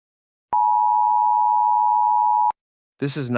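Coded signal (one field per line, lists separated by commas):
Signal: Emergency Alert System (SAME) tones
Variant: 853 and 960 Hz attention tone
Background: speech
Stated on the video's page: Fictional supernatural EAS scenario about New York stuck in a time loop.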